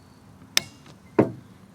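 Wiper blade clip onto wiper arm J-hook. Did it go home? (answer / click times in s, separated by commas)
yes / 0.6 s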